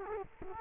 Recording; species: mosquito wingbeat signal from an infrared sensor; Culex quinquefasciatus